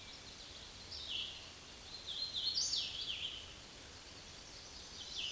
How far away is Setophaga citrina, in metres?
about 35 m